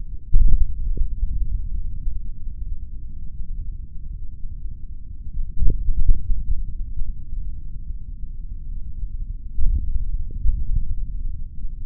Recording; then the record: forearm muscle sounds (acoustic myography)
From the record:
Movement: index flexion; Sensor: system 3, bracelet of six PUI Audio POM-2738L microphones around the upper forearm, with dedicated amplification and filtering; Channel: 1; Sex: male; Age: 26 years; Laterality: right